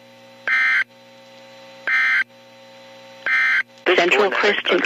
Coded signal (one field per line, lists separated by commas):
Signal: Emergency Alert System (SAME) tones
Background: speech